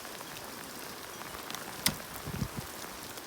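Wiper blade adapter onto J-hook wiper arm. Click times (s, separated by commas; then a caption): 1.9 s. The adapter of a new Rain-X Silicone Endura Premium wiper blade is slid up onto a J-hook wiper arm and pulled up firmly against a steady broadband hiss. A sharp click at 1.9 s marks the blade seating on the arm, followed by a few soft low thumps around 2.3–2.6 s. The blade is confirmed seated.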